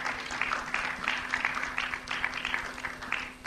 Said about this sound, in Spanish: Denle ese aplauso al Señor, hermano.